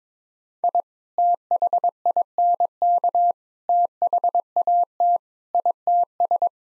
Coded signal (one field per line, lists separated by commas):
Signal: Morse code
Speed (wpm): 22 wpm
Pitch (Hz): 700 Hz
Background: none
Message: I THINK THAT ITS